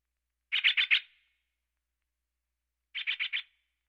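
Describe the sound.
Steller's jay giving harsh, raspy calls in two quick runs of four notes each, separated by about two seconds of silence.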